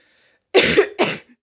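Two short, harsh cough bursts follow a brief silence, the second a little weaker than the first. The sound is dry and throaty, close to a throat clear. This is an acted cough by a 25-year-old woman.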